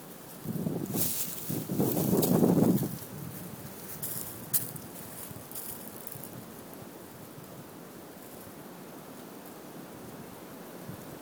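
Wind rushes through trees in strong gusts during the first three seconds, then settles into a steady, softer hiss with occasional bright rustles.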